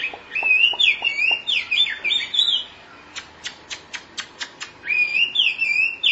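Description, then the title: Oriental magpie-robin song: looping fluty whistles with sharp chips beneath, a pause, a string of crisp clicks, then another warbled whistled phrase. Chirping song (kicauan) of the bird. "Suara Kicauan Burung Kacer Durasi Panjang"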